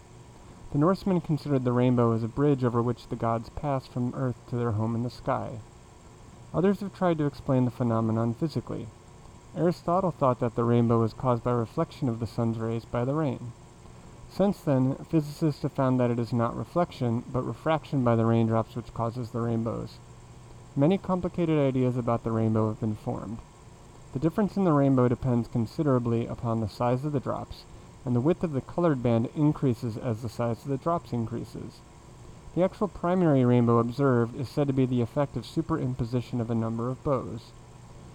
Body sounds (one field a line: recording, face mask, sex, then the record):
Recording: reading aloud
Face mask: surgical mask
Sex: male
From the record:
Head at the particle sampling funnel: facing it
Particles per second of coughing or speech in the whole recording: 0.242